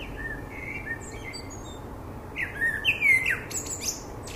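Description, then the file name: Common blackbird calls: faint thin whistles early on, then louder squeaky and sharp chattering notes clustered in the second half. "Turdus merula"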